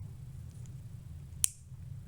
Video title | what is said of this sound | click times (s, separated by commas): How To DIY Repair and alter Vertical Blinds Rail Unit for use with curtains. | and it's snapped into place and now I have it on the end so I have my new one | 1.4 s